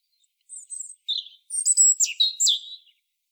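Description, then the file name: European robin song, thin high warbled phrases with sweeping and trilling notes, starting softly and growing louder, set against silence. "Erithacus rubecula"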